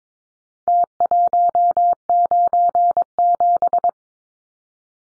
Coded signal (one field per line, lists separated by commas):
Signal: Morse code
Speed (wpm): 22 wpm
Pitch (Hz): 700 Hz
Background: none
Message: T197